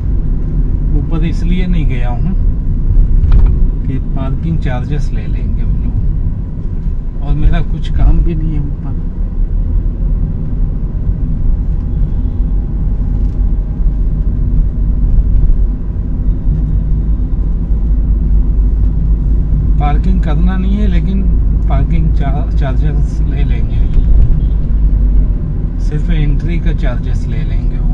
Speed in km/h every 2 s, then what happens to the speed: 25, 24, 20, 16, 22, 28, 27, 27, 28, 29, 29, 29, 23, 21.
0-6 slows to 16. 6-10 speeds up to 28. 10-23 steady at about 28. 23-28 slows to 21.